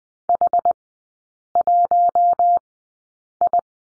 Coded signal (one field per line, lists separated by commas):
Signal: Morse code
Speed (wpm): 20 wpm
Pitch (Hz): 700 Hz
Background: none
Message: H1I